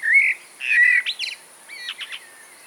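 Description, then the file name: Eurasian blackbird song: low fluty warbled notes, then a brief high squeaky twitter, followed by a second shorter fluty phrase with twittering, over a faint steady hiss. "Turdus merula"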